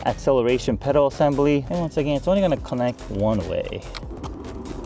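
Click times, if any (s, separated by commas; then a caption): none. Someone talks while handling the other end of a controller harness connector on a Toyota Supra, bringing it toward the accelerator pedal assembly connector. Nothing has seated or clicked yet; the clip ends just before the connector goes home.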